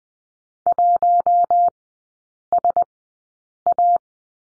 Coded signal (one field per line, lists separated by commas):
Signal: Morse code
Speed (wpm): 19 wpm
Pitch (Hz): 700 Hz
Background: none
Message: 1SA